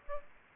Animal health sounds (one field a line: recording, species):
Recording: mosquito wingbeat signal from an infrared sensor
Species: Aedes aegypti